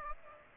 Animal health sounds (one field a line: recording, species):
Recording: mosquito wingbeat signal from an infrared sensor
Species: Aedes aegypti